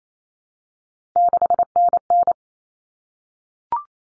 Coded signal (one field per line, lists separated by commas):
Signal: Morse code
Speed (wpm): 28 wpm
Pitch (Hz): 700 Hz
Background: none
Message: 6NN